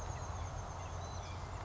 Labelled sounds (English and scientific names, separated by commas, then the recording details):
Oak Titmouse (Baeolophus inornatus)
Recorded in Sonoma County, California